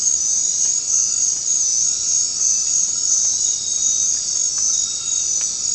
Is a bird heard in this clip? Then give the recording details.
no. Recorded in dense forest near Puerto Asís, Putumayo, Colombia, on 24 March 2025 at 20:00. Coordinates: 0.500, -76.322. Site GP06